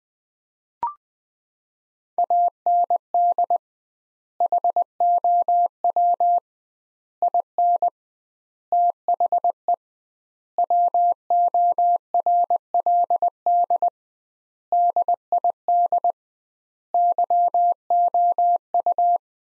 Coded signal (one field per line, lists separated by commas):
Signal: Morse code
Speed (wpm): 20 wpm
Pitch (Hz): 700 Hz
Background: none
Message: AND HOW IN THE WORLD DID YOU